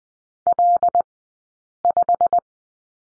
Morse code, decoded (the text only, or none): L5